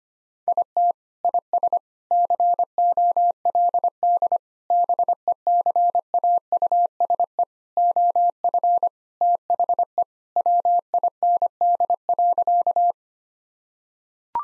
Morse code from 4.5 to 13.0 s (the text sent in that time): BECAUSE OF THE WIND.